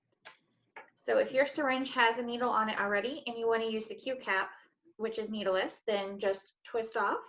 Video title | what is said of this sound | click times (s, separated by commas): Vios Fertility Institute MedTeach | just put it on with this you can hear that click and it's it's tight on there won't come off | 0.8 s